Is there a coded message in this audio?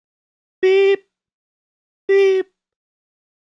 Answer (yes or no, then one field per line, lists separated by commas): no